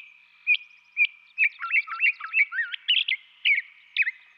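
Northern Mockingbird song: a few spaced slurred notes, then a run of quick varied slurred notes, then spaced sharp notes at the end, over a steady high background tone.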